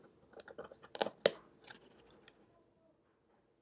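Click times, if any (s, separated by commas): 1.3 s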